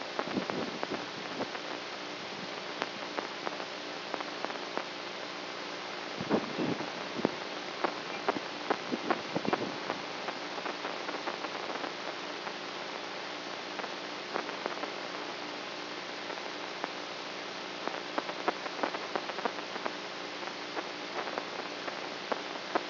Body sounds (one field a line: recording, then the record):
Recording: brain microelectrode recording played as sound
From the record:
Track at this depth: outside the subthalamic nucleus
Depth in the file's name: 5.501 mm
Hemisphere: right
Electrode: 3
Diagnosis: Parkinson's disease